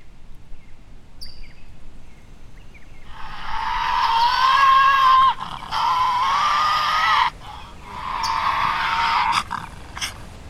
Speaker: The heart-stopping cry of the Tasmanian Devil hasn't been heard on the mainland of Australia for some 3,000 years.